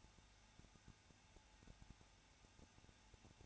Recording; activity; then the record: daily activity, microphone in the room; no activity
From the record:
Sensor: 2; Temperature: 21.0 degrees Celsius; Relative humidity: 34.3%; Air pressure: 994.3 hPa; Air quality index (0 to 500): 173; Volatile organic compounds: 3 ppm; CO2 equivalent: 1341 ppm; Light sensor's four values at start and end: 2/3/2/2 and 2/3/2/2